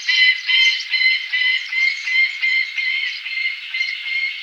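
Saker falcon call: a harsh, nasal series of rapid repeated notes, about two to three each second, running steadily throughout without pause.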